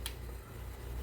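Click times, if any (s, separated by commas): 0.1 s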